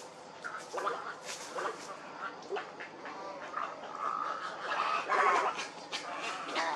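Heron calls from a colony: harsh, grating croaks and rapid chattering notes overlapping from several birds, with louder raspy bursts in the second half.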